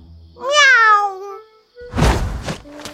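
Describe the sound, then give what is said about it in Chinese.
At a doorway, a child's voice gives one high, sweet, drawn-out meow in imitation of a cat, made as cute as possible on request, wavering and falling in pitch, followed by a few soft thuds and rustling noises. “要学一声猫叫，尽量可爱点。”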